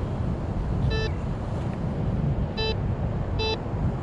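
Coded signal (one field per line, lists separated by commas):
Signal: none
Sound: metal detector target tones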